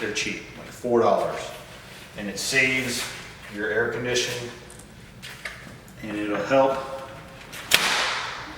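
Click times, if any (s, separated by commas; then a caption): 7.7 s. A new disposable HVAC air filter is put into the return-air filter slot while someone talks. It snaps into place at 7.7 seconds with a sharp click, pulled in by the system's suction, which shows good airflow pull.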